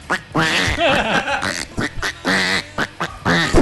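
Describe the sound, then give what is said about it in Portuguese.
A person imitates a duck with a rapid string of loud, raspy, nasal quacks, each short burst uneven in pitch and packed closely together over a few seconds. “E o … trouxe o pato.”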